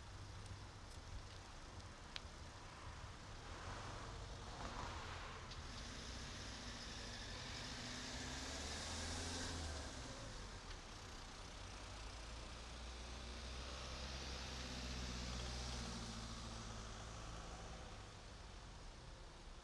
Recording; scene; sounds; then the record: everyday scene through a hearing-aid microphone; in traffic; traffic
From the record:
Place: main road on the outskirts, rush hour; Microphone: in the ear canal, right